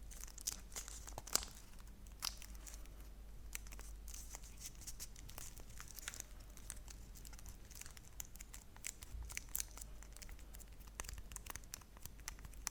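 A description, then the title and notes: Chocolate wrappers are crinkled, with sharp crackles and crisp rustles scattered throughout, the loudest snaps near the first and second seconds. The handling stays fairly even in pace, with a low steady hum underneath. Crinkle sounds on Kinder Chocolate. Make some sounds with the wrap of the chocolates and then they eat them.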